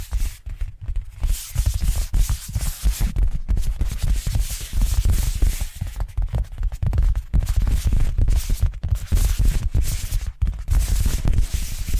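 Addictive tapping triggers: a dense, fast run of small taps and scratchy rubbing that keeps going for the whole twelve seconds with hardly a pause. The sounds are crisp and bright, with a soft low thud under many strikes, and brief gaps near two, seven and ten seconds.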